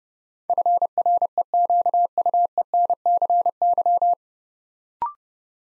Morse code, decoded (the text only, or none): FREQUENCY